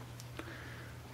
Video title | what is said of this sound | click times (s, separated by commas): Gerber Suspension multi-plier multi-tool - great budget gear | this as well so it's like a lock so once it snaps into place it's like a lock | 0.2 s, 0.4 s